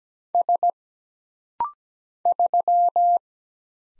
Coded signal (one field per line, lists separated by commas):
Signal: Morse code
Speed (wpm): 17 wpm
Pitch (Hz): 700 Hz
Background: none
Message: S 3